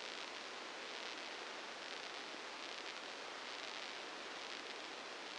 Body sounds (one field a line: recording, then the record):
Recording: brain microelectrode recording played as sound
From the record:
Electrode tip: inside the subthalamic nucleus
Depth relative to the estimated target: -3 mm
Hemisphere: left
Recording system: NeuroSet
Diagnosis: Parkinson's disease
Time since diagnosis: 8 years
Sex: male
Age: 59 years